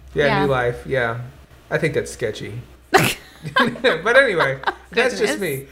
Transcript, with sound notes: Yeah, a new life, yeah. I think that’s sketchy. [Laughs] But anyway, that’s just me.